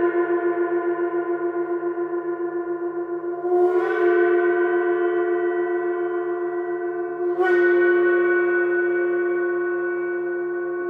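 Planetary gongs ring out in long, shimmering tones that hold steady and slowly fade. A fresh strike lands just before four seconds and another around seven and a half, each adding a bright splash over the sustained hum, with a low pulsing beat underneath throughout.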